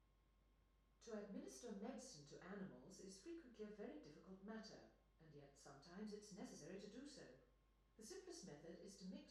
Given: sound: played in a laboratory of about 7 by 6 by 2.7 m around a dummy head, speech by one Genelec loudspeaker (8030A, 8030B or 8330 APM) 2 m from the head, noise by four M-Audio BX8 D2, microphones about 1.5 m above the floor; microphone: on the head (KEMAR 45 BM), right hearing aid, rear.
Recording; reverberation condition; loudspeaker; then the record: female speech in English; medium; 90 degrees to the left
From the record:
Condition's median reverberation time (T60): about 510 ms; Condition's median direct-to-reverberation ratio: about -0.5 dB